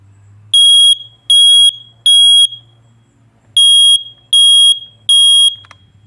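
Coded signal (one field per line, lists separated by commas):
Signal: alarm pattern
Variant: household smoke alarm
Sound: shrill high beeps in two groups of three, short pause between groups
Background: low room hum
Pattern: temporal three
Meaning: Temporal-three pattern means the smoke alarm is sounding for fire or smoke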